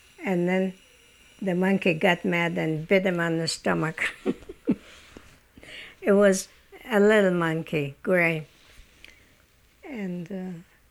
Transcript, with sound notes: and then the monkey got mad and bit him on the stomach. ( she laughs ) It was a little monkey, grey. And,